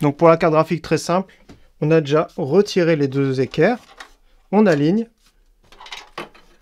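Someone talks while a graphics card, with two brackets already removed, is lined up with the PCI Express slot on a motherboard before being pushed in. After the talking stops, faint metal bracket and handling noises follow, with small knocks between about 5.7 and 6.7 s, the loudest at 6.2 s. Nothing has seated or clicked yet.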